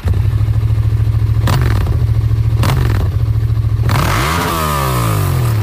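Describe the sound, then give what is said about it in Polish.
A race marshal's motorcycle engine roars loudly during a race, climbing through two quick gear shifts before sweeping past with a falling, whining pitch as it fades off, with no voices. “W sumie motocyklistów jest około 30, ale wlicza się w to marszali, motocyklistów wiozących fotografów, motocyklistów wiozących sędziów i tak dalej.”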